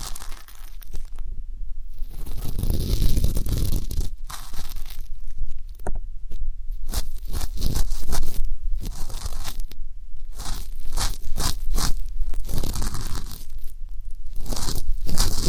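Ear canal and eardrum cleaning sounds: rough scraping, crinkling and tearing noises come in dense bursts across the clip. The rubbing is low and thick at times, brighter and crackly at others, broken by short quiet gaps around the second, fourth, sixth and tenth seconds.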